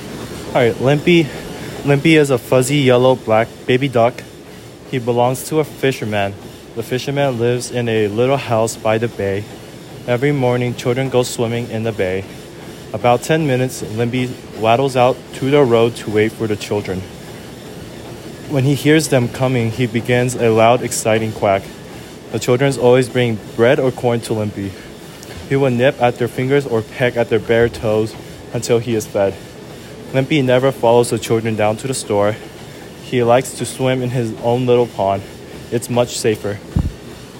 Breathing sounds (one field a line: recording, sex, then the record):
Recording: reading aloud after running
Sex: male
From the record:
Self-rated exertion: light exertion (2 of 6)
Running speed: 8 miles an hour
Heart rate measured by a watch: 144 beats a minute at the start, 138 at the end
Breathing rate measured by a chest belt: 19 breaths a minute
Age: 19 years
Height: 178 cm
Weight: 72 kg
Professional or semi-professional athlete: no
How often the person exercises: 3 to 5 times a week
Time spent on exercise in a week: 3 to 4 hours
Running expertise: no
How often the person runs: 3 to 5 times a week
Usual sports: running